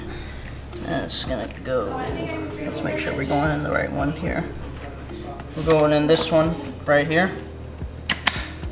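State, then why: Seated. Someone talks while pushing a rear wheel into the hole on a Peg Perego Ypsi stroller frame. A sharp click at 8.1 s and another at 8.3 s mark the wheel seating onto the axle.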